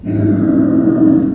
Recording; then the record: squeal of a Yucatan mini pig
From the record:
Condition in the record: after surgery on the right vocal fold (resection and tissue-engineered implant); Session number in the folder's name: 4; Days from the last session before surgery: 26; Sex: female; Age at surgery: 19 weeks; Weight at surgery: 25 kg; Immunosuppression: prednisolone